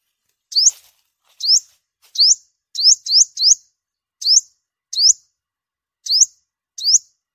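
Sunbird calling with bright upslurred chips, about ten in seven seconds, some in quick succession.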